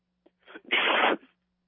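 A single loud sneeze from a male caller on a radio call-in line: a short sharp intake of breath, then an explosive burst that holds for about half a second before trailing off into quiet.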